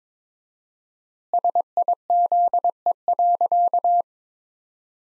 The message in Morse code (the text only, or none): SIZE.